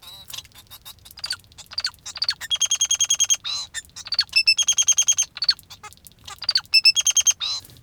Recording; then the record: song of a male Bengalese finch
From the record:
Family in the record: father 2